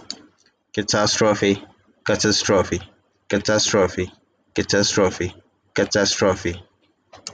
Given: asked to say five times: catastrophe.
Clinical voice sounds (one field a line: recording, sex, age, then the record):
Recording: repeated word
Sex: male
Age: 30 to 39 years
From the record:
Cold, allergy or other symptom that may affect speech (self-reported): no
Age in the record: 35 years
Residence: United States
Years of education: 16